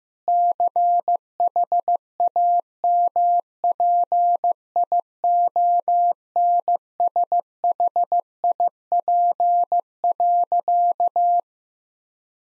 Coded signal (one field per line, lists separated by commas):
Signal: Morse code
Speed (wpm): 15 wpm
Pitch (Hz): 700 Hz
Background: none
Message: CHAMPIONSHIP.